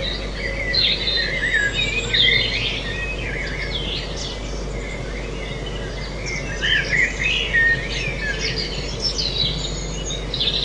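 Birds singing, bursts of chirping and warbled phrases coming in clusters, over a steady hiss of background noise.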